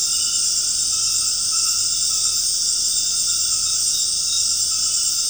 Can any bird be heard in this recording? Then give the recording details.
no. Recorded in secondary vegetation near Puerto Asís, Putumayo, Colombia, on 13 March 2025 at 19:30. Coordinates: 0.502, -76.326. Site G100